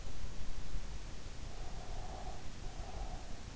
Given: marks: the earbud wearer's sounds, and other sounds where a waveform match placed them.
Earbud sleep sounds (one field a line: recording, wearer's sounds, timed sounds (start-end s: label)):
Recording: sounds in sleep by an in-ear microphone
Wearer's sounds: breath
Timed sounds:
1.55-3.31 s: breath